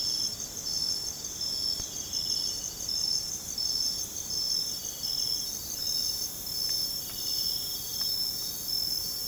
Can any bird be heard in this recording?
no